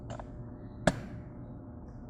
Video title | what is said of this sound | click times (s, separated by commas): How to Install Angel Eye Halos on Fiat 500 | make sure you get all three clipped in | 0.9 s